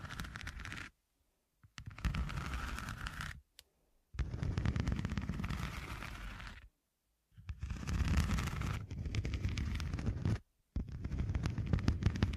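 Scratching in rough, crackly bursts, each lasting one to three seconds, separated by short silences. The strokes are dense and gritty, with sharp clicky edges that sound almost like rapid popping, and a rumbling low end under the rasp.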